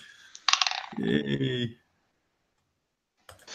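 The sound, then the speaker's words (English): A single die is rolled during a game, clattering and tumbling across a hard surface in a quick burst of sharp, bright clicks lasting about a second, a low voice murmuring beneath, followed by silence and a short final rattle. “So how many dice can you roll? Only one. Okay, nice. Well, let's roll.”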